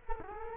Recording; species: mosquito wingbeat signal from an infrared sensor; Culex quinquefasciatus